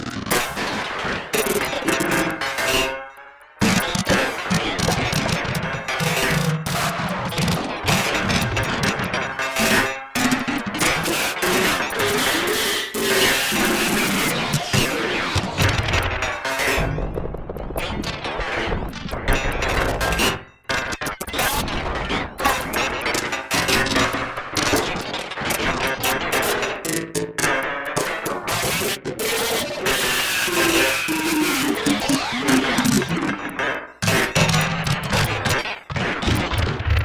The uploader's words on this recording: Experimental Textures with Percussion Modules and Burst Generators. In this episode we trigger the Kraken and BIA with burst generators to create sporadic percussive textures which are then run through a plethora of FX modules!